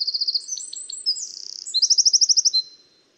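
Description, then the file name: Eurasian wren song: a rapid high trill of sharp repeated notes, a brief squeaky jumble and buzzy trill, then a loud fast trill ending after about two and a half seconds. "Troglodytes troglodytes"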